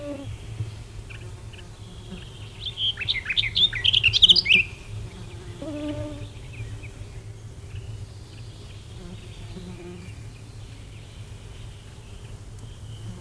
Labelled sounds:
Garden Warbler song

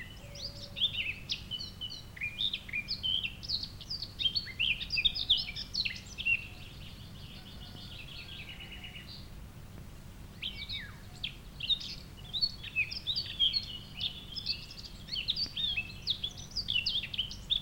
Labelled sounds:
Eurasian Blackcap song

